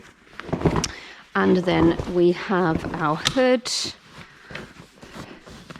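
A fabric hood for a Hauck Walk N Care pushchair is handled at the seat frame, where it fastens with small black plastic buttons, while someone talks. Short taps and rustles of handling are heard near the start and again toward the end. The hood has not yet been pushed home, so nothing has seated or clicked yet.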